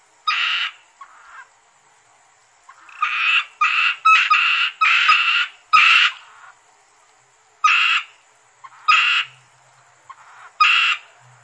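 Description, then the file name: Asian grass frog calls: grating, buzzy croaks in bursts, some stacked closely together, others spaced out, with a thin steady tone behind. "rana limnocharis yannick dauby gruenrekorder"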